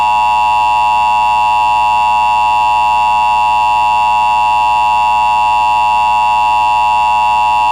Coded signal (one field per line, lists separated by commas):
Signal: Emergency Alert System (SAME) tones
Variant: 853 and 960 Hz attention tone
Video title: EAS Scenario #3 (Remastered) The Blood Moon in collaboration with @SPCEastCoast1559